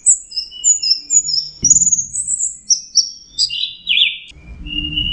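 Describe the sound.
Orange-headed thrush delivering a series of thin high whistled phrases, then lower notes toward the end.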